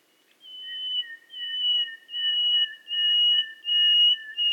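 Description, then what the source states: Nightingale whistling long steady pure tones in several swelling bursts, two pitches sounding together. Qatar.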